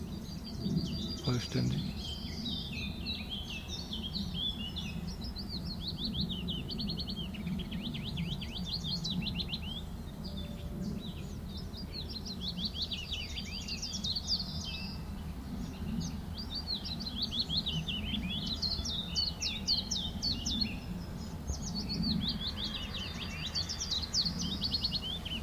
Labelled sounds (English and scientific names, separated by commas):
Willow Warbler (Phylloscopus trochilus)